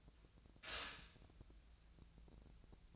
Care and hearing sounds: daily activity, microphone in the room; stop toaster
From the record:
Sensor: 2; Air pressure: 1000.1 hPa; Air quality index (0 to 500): 152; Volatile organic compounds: 2 ppm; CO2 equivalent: 1283 ppm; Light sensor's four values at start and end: 24/61/26/28 and 24/60/25/28

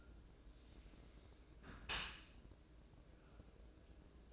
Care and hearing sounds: daily activity, microphone in the room; close dishwasher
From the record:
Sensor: 2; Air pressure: 1012.2 hPa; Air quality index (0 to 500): 147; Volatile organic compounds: 2 ppm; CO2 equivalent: 1076 ppm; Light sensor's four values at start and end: 287/705/286/289 and 286/703/285/288

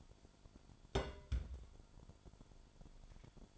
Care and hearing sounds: daily activity, microphone in the room; place on stove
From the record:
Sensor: 5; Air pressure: 1008.1 hPa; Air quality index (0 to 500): 114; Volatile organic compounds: 1 ppm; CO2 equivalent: 882 ppm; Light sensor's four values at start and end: 28/59/25/26 and 27/57/25/25

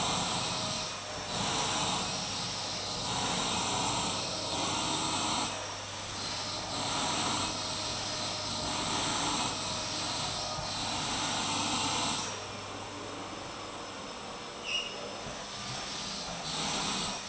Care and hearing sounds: daily activity, microphone in the room; vacuum cleaning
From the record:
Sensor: 1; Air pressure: 991.0 hPa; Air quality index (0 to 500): 118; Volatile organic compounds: 173 ppm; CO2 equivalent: 4118 ppm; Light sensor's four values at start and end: 19/45/19/21 and 19/45/19/20

